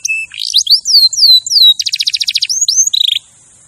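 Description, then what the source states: Canary song: a varied run of clear whistled slurs, then a fast buzzy trill of rapid repeated notes, a few rising whistles and a short rattle before stopping. Champion canary song used as a master recording for tutoring other birds.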